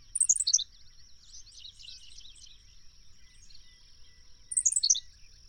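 Bird song phrase of rapid high chirps falling in pitch, heard twice, once at the start and again about four seconds later, with faint twittering and a steady high hum between.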